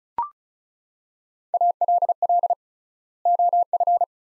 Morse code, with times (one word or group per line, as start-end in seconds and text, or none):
1.5-2.5 ALL
3.3-4.0 OF